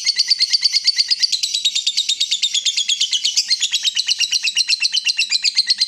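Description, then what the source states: Yellow-vented bulbul: steady, fast chattering of bright high notes, several per second, continuing without a pause. Used as a bird lure (pikat).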